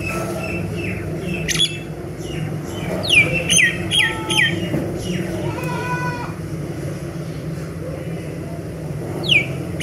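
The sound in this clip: Myna calls, a varied jumble of harsh squawks and short falling whistles, some in quick runs, above a continuous low background hum.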